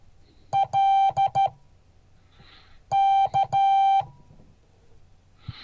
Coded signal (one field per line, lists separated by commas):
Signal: Morse code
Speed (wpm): 13 wpm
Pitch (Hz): 780 Hz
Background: none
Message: L K